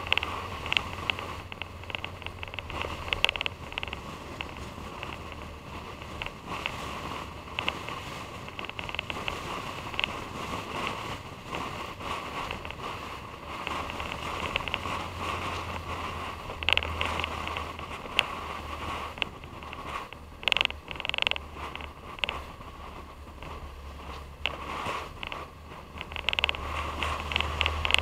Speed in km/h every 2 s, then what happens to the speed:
55, 56, 58, 60, 61, 60, 58, 52, 47, 47, 45, 44, 45, 48.
0-9 speeds up to 61. 9-21 slows to 44. 21-28 steady at about 45.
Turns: none.